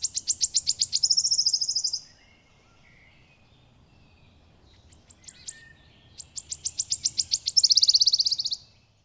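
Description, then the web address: Wood warbler song: high ticking notes speed up into a shivering trill; after a pause the same accelerating phrase repeats. "agykontroll Madardalok Cd 1. Sisegő füzike"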